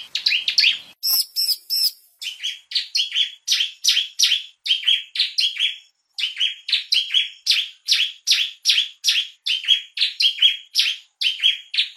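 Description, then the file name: Bar-winged prinia song: a steady, fast run of bright two-part chirps, preceded by a brief harsh rattle. "suara burung ciblek semi"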